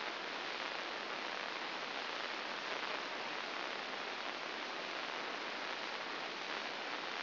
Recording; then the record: brain microelectrode recording played as sound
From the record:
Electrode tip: outside the subthalamic nucleus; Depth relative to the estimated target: 3 mm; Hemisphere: right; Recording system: AlphaMap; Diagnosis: Parkinson's disease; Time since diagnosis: 12 years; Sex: female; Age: 47 years